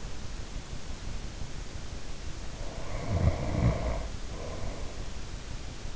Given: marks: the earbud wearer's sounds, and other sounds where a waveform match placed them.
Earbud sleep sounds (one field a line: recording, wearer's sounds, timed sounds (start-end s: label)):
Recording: sounds in sleep by an in-ear microphone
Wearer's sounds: snoring breath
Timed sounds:
2.36-4.96 s: snoring breath